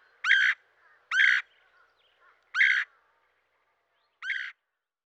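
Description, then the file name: Red-headed woodpecker giving four harsh calls at uneven intervals, the last softer. "dan-gibsons-solitudes red-headed-woodpecker"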